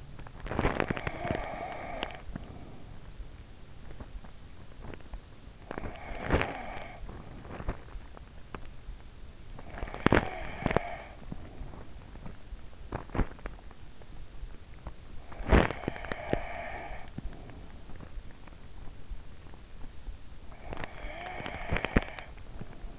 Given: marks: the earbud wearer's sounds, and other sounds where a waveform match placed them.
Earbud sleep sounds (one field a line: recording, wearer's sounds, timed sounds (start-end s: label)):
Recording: sounds in sleep by an in-ear microphone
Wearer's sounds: teeth grinding, breath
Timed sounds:
0.00-2.95 s: teeth grinding
1.10-3.10 s: breath
5.16-7.90 s: teeth grinding
5.90-8.42 s: breath
9.39-11.33 s: teeth grinding
10.53-12.42 s: breath
12.42-13.79 s: teeth grinding
14.82-16.64 s: teeth grinding
16.08-18.54 s: breath
20.42-21.91 s: breath
21.20-22.99 s: teeth grinding